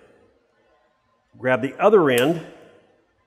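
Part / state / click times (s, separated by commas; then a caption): spring-loaded keeper clip into wheel-end spindle nut / not seated / none. A spring-loaded steel keeper clip (Stemco Pro Torque keeper) is being handled as its second end is brought toward the slot of a wheel-end spindle nut. Someone talks briefly over faint background noise. Nothing has seated or clicked yet.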